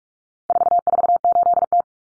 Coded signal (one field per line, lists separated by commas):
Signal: Morse code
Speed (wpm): 44 wpm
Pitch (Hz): 700 Hz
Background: none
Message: 448T